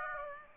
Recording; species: mosquito wingbeat signal from an infrared sensor; Aedes aegypti